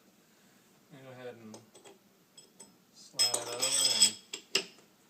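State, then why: Seated. Someone talks as a small metal cover plate (shim) is slid over the wall bracket of an IKEA DIGNITET stainless steel curtain wire. Two sharp metallic clicks sound at 4.3 s and 4.5 s as the plate snaps and locks into place on the bracket.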